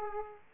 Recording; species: mosquito wingbeat signal from an infrared sensor; Aedes aegypti